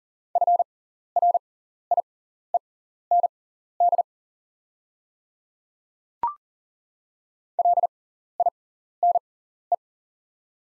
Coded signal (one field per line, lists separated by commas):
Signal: Morse code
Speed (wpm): 40 wpm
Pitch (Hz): 700 Hz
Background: none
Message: FRIEND LINE